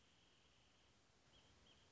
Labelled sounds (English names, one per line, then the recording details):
Wrentit
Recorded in Sonoma County, California